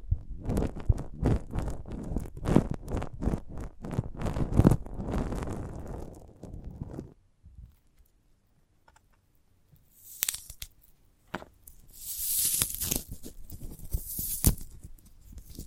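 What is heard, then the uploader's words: Crunching and tearing at a sprouted coconut, dense and crackly for the first seven seconds with sharp snaps throughout. A pause of near silence follows, then sparser, brighter crackles and rustling scrapes return from about ten seconds to the end. ASMR of a Sprouted Coconut (No Talking).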